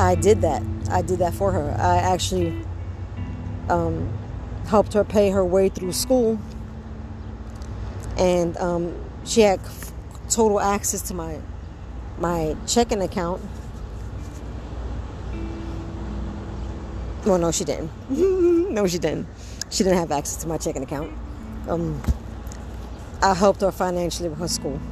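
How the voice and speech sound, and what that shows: An adult woman with a mild form of aphasia after a stroke speaks in clear, steady sentences with hesitations, fillers and a long pause. She states the opposite of what she means, then corrects herself, repeating the phrase several times. She has to repeat herself two or three times to be understood. The content slip and self-repair fit a mild aphasia.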